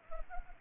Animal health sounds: mosquito wingbeat signal from an infrared sensor; Culex pipiens

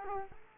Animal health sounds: mosquito wingbeat signal from an infrared sensor; Culex quinquefasciatus

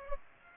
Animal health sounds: mosquito wingbeat signal from an infrared sensor; Aedes aegypti

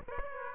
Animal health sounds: mosquito wingbeat signal from an infrared sensor; Aedes aegypti

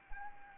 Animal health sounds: mosquito wingbeat signal from an infrared sensor; Anopheles arabiensis

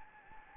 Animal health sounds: mosquito wingbeat signal from an infrared sensor; Anopheles gambiae

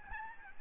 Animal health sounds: mosquito wingbeat signal from an infrared sensor; Aedes albopictus

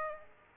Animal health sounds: mosquito wingbeat signal from an infrared sensor; Aedes aegypti

